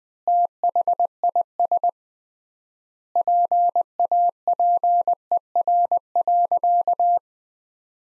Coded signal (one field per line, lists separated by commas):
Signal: Morse code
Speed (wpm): 21 wpm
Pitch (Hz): 700 Hz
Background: none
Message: THIS PAPER.